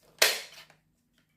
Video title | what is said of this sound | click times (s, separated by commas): 🥰UNBOXING PARTENARIAT 🤗V9PRO Robot Aspirateur Laveur 🥰 #ilife #v9pro #cleanwithilife | Voilà, c'est enclenché. | 0.2 s